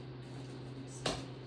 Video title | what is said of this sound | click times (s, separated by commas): Colostomy care skills video bsn 206 nightingale | Hear it click. | 1.1 s